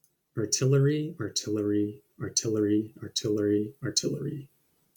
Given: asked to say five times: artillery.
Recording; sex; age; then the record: repeated word; male; 30 to 39 years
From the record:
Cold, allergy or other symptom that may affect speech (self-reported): no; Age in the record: 33 years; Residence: California, United States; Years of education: 16